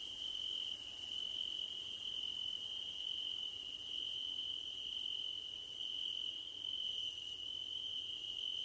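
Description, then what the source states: Crickets giving a constant high trill, with a few faint overlapping chirps higher up. Crickets at night under a starlit sky.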